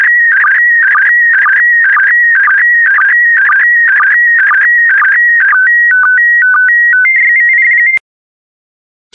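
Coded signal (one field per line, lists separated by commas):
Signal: SSTV (slow-scan television)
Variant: PD120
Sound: warbling tone with regular short blips, then clean stepping beeps before silence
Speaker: transmission complete you can now check your decoded image against the picture that is shown on the video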